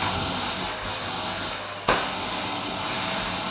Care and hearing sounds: daily activity, microphone in the room; vacuum cleaning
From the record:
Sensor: 2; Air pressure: 994.3 hPa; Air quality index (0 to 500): 213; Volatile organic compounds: 1000 ppm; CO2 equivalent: 7027 ppm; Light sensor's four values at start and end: 50/115/48/49 and 49/112/47/48

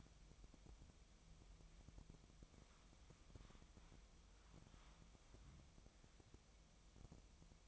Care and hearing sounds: daily activity, microphone in the room; wipe stove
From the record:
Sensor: 1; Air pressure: 1004.8 hPa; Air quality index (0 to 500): 87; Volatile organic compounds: 2 ppm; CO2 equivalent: 1186 ppm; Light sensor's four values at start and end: 9/22/9/9 and 9/22/9/9

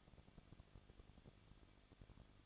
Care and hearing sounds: daily activity, microphone in the room; no activity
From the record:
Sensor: 4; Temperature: 23.1 degrees Celsius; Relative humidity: 34.1%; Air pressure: 1007.2 hPa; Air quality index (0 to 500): 215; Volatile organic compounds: 15 ppm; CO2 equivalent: 2484 ppm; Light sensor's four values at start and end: 2/3/1/1 and 2/3/1/1

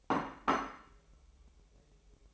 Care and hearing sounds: daily activity, microphone in the room; place plate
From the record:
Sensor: 1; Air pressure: 1002.0 hPa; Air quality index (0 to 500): 243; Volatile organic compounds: 48 ppm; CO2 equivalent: 3264 ppm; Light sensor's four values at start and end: 8/28/10/11 and 8/28/10/11

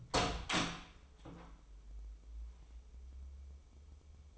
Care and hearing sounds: daily activity, microphone in the room; open door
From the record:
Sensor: 1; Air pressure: 996.2 hPa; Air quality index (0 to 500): 32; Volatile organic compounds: 1 ppm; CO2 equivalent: 607 ppm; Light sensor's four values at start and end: 14/33/14/16 and 14/33/14/16

